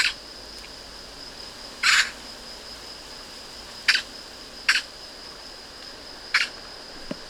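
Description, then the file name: Eurasian magpie uttering short, harsh, grating notes at irregular intervals, with a constant thin high whine in the background. "Pica pica"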